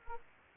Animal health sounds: mosquito wingbeat signal from an infrared sensor; Anopheles arabiensis

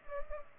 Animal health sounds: mosquito wingbeat signal from an infrared sensor; Culex pipiens

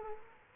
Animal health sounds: mosquito wingbeat signal from an infrared sensor; Culex quinquefasciatus

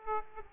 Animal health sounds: mosquito wingbeat signal from an infrared sensor; Aedes aegypti

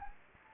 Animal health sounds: mosquito wingbeat signal from an infrared sensor; Anopheles gambiae

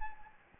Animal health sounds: mosquito wingbeat signal from an infrared sensor; Anopheles gambiae

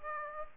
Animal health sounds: mosquito wingbeat signal from an infrared sensor; Aedes aegypti

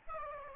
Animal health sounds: mosquito wingbeat signal from an infrared sensor; Aedes albopictus

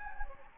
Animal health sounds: mosquito wingbeat signal from an infrared sensor; Anopheles gambiae

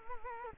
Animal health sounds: mosquito wingbeat signal from an infrared sensor; Culex quinquefasciatus

